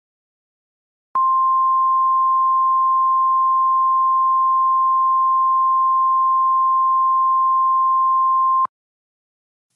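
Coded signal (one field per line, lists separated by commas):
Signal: Emergency Alert System (SAME) tones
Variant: 1050 Hz attention tone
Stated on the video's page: Fictional EAS scenario, not a real alert.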